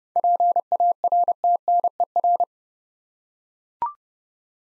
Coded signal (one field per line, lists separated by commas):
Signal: Morse code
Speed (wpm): 30 wpm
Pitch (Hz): 700 Hz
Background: none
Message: PARTNER